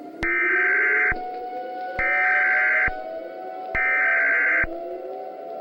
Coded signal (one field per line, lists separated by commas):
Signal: Emergency Alert System (SAME) tones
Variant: header bursts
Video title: [THIS IS SCARY AS FREAK THAN PT.1] Leni Loud Reacting To: EAS Scenario: The Grieving (Pt.2)